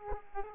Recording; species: mosquito wingbeat signal from an infrared sensor; Aedes aegypti